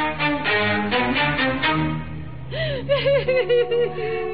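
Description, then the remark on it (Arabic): A woman cries in a radio drama in drawn-out, wavering sobs, her voice quivering and dipping in pitch with shaky catches of breath between the wails. “كفاياك عياط”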